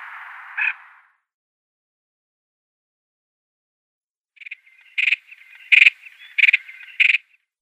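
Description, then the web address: Pectoral sandpiper calls: one reedy, rasping note, a few seconds of silence, then a burst of four or five harsh, burry notes close together. "Schulze Peter Pectoral Sandpiper calls"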